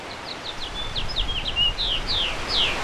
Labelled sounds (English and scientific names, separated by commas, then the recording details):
House Finch (Haemorhous mexicanus) song
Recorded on Long Island, New York, on 7 June 2011
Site MV
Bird D